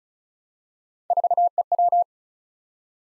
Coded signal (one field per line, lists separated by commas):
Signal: Morse code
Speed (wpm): 36 wpm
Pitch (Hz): 700 Hz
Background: none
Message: 4EW